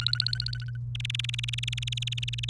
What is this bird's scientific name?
Serinus canaria